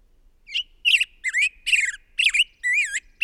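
Bird song of short, scratchy, up-and-down chirps given in quick succession, each note bending in pitch.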